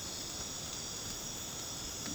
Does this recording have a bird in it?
no